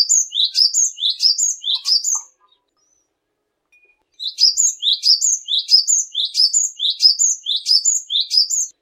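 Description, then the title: Cinereous tit singing a fast run of repeated high, ringing two-part notes, a brief silence, then the same rhythmic phrase resuming for several seconds. Cinereous tit in full song, described as gacor. "glatik batu gacor"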